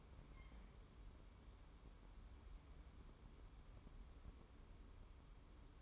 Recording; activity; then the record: daily activity, microphone in the room; wipe stove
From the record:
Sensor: 1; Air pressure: 1015.1 hPa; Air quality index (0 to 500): 72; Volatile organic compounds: 1 ppm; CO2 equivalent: 934 ppm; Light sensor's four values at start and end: 14/32/13/15 and 14/32/13/15